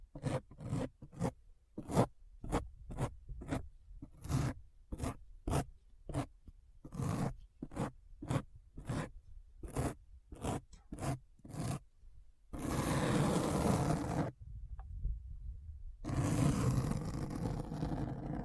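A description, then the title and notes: Scratching sounds come in quick, regular strokes, about two each second, each a short rasping burst with a low thud beneath it. Near the end the strokes give way to two long, continuous rough scrapes, split by a brief quieter pause. ASMR Deep Brain Scratch (No Talking).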